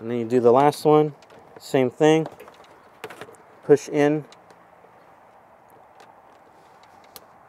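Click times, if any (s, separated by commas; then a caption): 7.2 s. While someone talks, the last plastic light connector of the grille light wiring on a TRD Pro V2 grille being installed on a Toyota Tacoma is pushed into its mating plug. A few brief taps sound around 3.0–3.2 s, then a quiet pause. A single sharp click at 7.2 s marks the connector seating.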